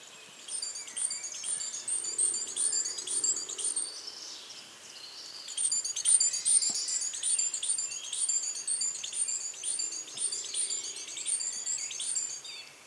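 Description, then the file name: Great tit calls: long runs of high, scratchy, rapidly repeated notes, rising and falling in loudness. "Parus major"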